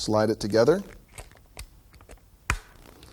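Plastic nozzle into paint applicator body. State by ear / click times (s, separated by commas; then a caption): seated / 2.5 s. Someone talks while a plastic sprayer nozzle is slid together with the body of a HomeRight paint applicator (1997), with a few faint taps following. A loud, sharp click at 2.5 s shows the nozzle seating into place.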